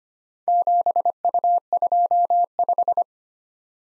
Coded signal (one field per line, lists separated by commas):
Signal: Morse code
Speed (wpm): 25 wpm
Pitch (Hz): 700 Hz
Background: none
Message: 7U25